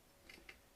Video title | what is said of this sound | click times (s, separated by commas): A budget PC worth owning 12400f + RX 6600 [ LIVE PC BUILD ] | they make a nice little high pitched click sound | 0.3 s, 0.5 s